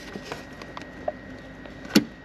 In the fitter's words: and there's the click so that is now in there and it's sealed